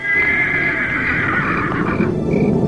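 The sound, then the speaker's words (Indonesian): A black horse neighs in one long, high whinny that wavers and slowly trails off, loud and alone with no voices over it. “Kuda hitam itu berlari cepat dan semakin cepat.”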